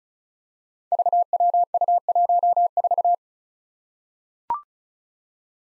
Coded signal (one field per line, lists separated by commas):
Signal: Morse code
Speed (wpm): 36 wpm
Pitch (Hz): 700 Hz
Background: none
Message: VWU14